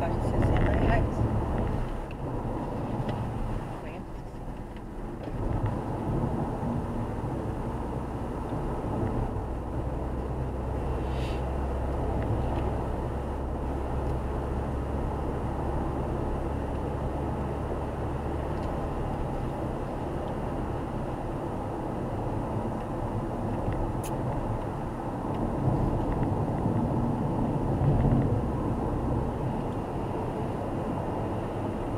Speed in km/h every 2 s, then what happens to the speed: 78, 74, 68, 66, 68, 74, 76, 79, 81, 80, 79, 76, 71, 64, 66, 72.
0-5 slows to 66. 5-16 speeds up to 81. 16-26 slows to 64. 26-32 speeds up to 72.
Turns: none.